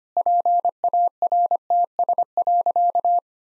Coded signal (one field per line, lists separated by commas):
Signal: Morse code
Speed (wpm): 25 wpm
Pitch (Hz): 700 Hz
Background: none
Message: PARTS.